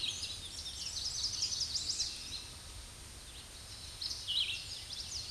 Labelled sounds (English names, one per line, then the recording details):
Chestnut-sided Warbler song
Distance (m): 25 m
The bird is about level with the microphone
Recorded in a Pennsylvania forest on 16 May 2024 at 06:48
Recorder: AudioMoth, point MSD-0665
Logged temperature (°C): 16.1 °C
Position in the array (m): 80 m, 64 m